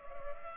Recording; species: mosquito wingbeat signal from an infrared sensor; Culex pipiens